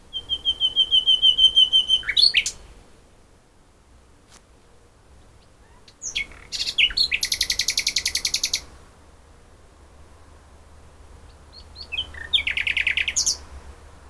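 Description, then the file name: Common nightingale song in three bursts separated by pauses, each a fast rattling train of high, sharp repeated notes, the first with a pure whistled tone. "Luscinia megarhynchos"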